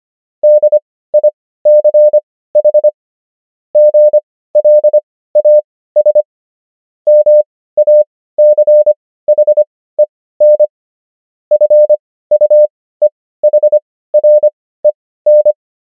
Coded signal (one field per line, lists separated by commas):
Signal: Morse code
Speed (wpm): 25 wpm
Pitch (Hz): 600 Hz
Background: none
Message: DICH GLAS MACHEN FUEHREN